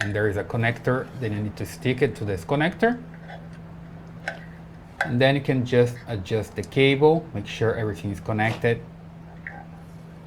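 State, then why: Seated. Someone talks while pushing the flat ribbon cable that runs between the inner and outer parts of a Ring Peephole camera into its connector on the inner unit. A single sharp, short click is heard at 4.3 s as the connector seats, followed by more talking.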